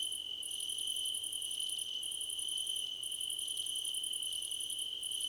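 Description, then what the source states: Crickets calling in overlapping layers: a steady high tone and quick pulsed chirp runs separated by short gaps roughly every one to two seconds. A crickets' choir competition.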